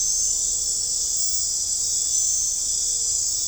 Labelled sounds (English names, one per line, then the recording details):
none
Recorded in dense forest near Puerto Asís, Putumayo, Colombia, on 16 December 2024 at 00:00
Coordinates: 0.499, -76.324
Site G045